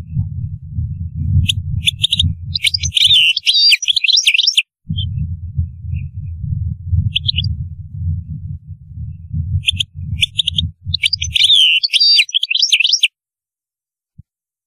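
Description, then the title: European goldfinch song, twittering phrases over a loud low rumble that briefly breaks off. "Chant Chardonneret"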